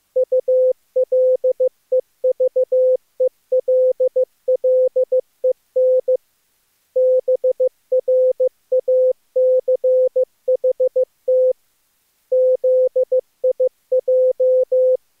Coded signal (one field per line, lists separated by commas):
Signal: Morse code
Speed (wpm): 17 wpm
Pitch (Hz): 510 Hz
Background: none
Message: ULEVELLEN BRACHT ZIJ